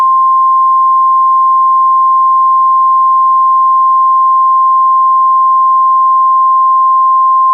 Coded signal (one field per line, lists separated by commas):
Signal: Emergency Alert System (SAME) tones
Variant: 1050 Hz attention tone